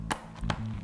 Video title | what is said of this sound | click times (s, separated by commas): My preferred helmet for my eScooter/PMD...Lumos, Rudy Project, Giro, Troy Lee Designs and Ruroc! | click click and then and | 0.1 s, 0.5 s